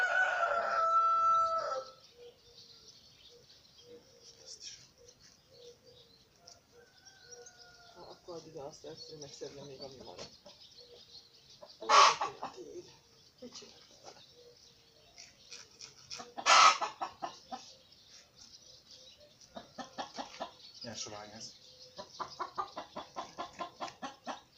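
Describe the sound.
A rooster crows loudly a couple of times while hens cluck in short, rhythmic bursts, with people talking in Hungarian over the busy poultry noise.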